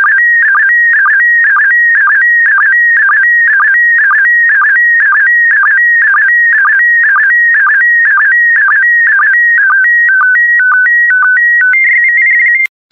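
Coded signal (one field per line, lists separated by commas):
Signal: SSTV (slow-scan television)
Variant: PD120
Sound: warbling, chirping tone repeating about twice a second, with short low blips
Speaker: three two one it so transmission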